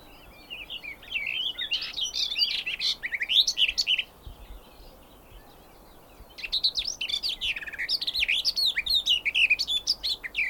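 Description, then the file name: Garden warbler song in two bursts of fast, babbling warbling, separated by a pause of about two seconds, with varied bright and rolling notes. "kerti poszata hangja"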